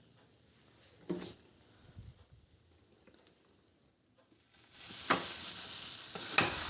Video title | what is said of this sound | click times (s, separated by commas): Rava vegetable சாண்ட்விச்.Healthy recipe.முட்டை மாவு சேர்க்காமல். | Lock ஆயிடுச்சு | 6.0 s, 6.4 s